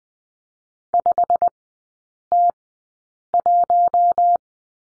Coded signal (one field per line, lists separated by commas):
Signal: Morse code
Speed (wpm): 20 wpm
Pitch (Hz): 700 Hz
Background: none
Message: 5T1